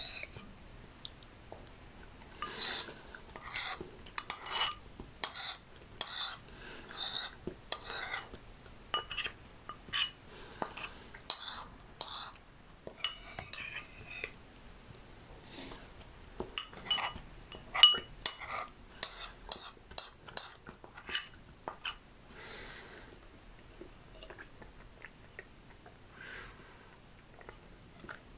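Someone eats sweet red bean soup, a spoon clinking and scraping a bowl in quick bursts that thin out near the end.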